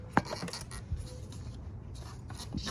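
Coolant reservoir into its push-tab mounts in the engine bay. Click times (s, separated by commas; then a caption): 0.2 s. A plastic coolant overflow reservoir is pushed back into its mounting push tabs in a van's engine bay. A sharp click at 0.2 s marks it locking into place, followed by quieter rubbing and scraping. The reservoir is seated.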